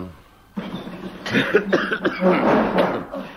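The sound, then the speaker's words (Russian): A fit of harsh, raspy coughing, several loud bursts in quick succession that run together toward the end, with no talking over them. “Что такое, кашель замучил?”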